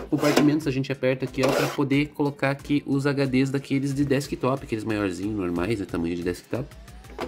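Someone talks while working the plastic drive bay tray in the drive cage of a Superframe Vortex gaming case, a tray that takes full-size desktop hard drives. Only speech is heard, with a brief sharper sound near 7.2 s. The tray has not yet locked in; nothing has seated or clicked yet.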